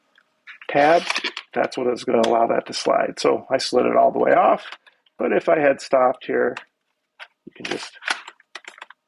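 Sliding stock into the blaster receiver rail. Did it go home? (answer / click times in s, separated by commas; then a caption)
yes / 8.6 s. Someone talks while the release tab on the sliding stock of a SHELL THROW MP5K gel ball blaster is pressed and the stock is pushed partway along its rail into the receiver. A sharp click at 8.6 s, amid a few smaller clicks, marks the stock locking into a detent position.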